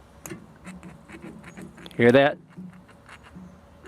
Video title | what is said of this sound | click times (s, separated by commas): The Ariens GT17 Tractor Part 9 | if you listen closely you can actually hear that that metal part on the inside is not fully seated hear that | 0.3 s, 0.8 s